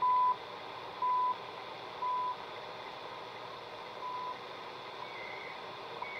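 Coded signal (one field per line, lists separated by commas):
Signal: radio time signal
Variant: CHU Canada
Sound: steady 1 kHz beeps, about 0.3 s each, once per second, fading in static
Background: radio static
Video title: CHU Canada 3330 MHz on Sony TR-1300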